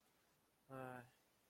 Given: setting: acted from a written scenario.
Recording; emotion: vocal sound without words; sadness